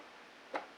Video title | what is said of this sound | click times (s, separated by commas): How to avoid Portable Camper Toilet Poop Face! | There we go. It clicked. | 0.6 s